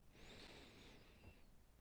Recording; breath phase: one breath near a microphone; inhalation